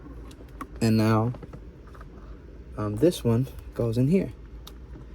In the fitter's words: and you want to hear it snap. There you go. It snapped. Now it's good.